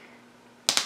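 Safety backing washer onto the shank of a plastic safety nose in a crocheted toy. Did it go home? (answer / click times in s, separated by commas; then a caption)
yes / 0.7 s, 0.8 s. A plastic safety backing washer is pushed onto the shank of a plastic safety nose through the crocheted snout of a toy. After quiet, it gives two sharp clicks at 0.7 s and 0.8 s. The washer snaps into place and the nose is secure.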